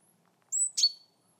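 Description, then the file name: Great tit giving a single phrase: a thin, high whistle followed at once by one harsh, broad buzzy note. "Parus major"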